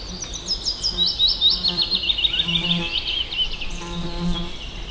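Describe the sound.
Bird calls, rapid high chirps and trilled note series repeated throughout, with a low intermittent hum underneath.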